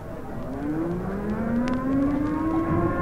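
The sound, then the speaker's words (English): A civil defense alert siren wails steadily during a downtown equipment test in the middle of the lunch hour, its tone slowly rising in pitch over a dense low rumble of background noise, with no voices present. “There goes the alert siren. Now, can't those civil defense guys sound that siren some other time?”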